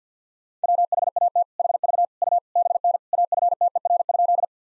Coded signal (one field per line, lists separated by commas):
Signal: Morse code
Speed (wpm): 50 wpm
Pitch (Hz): 700 Hz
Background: none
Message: WHAT HV U BN AFTER?